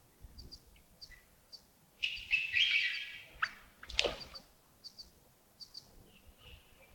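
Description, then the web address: Birds chirping: many brief, very high ticks and tweets scattered throughout, with a longer harsh, rasping call in the middle and a loud sharp note after it. Early morning at Yagongding, 28 December 2025, around 07:40. "2025-12-28 亚公顶清晨 251228 074040 birds"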